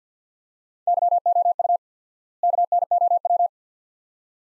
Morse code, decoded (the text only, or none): YOU KNOW